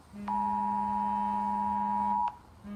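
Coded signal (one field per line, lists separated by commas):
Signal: Emergency Alert System (SAME) tones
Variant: 853 and 960 Hz attention tone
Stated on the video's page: Fictional EAS scenario, not a real alert.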